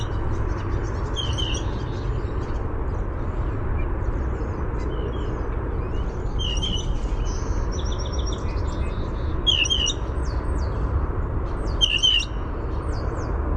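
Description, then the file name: Blue jay repeating short squeaky, bell-like calls several times, fairly soft, against constant low background rumble and scattered faint high twittering. Pumphandle call. "BLJA pumphandle"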